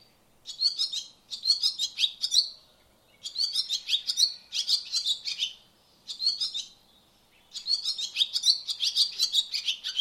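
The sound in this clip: Barn swallow twittering: bursts of sharp, high chirps and buzzy notes in groups of one to two seconds, with short pauses between, over a quiet background.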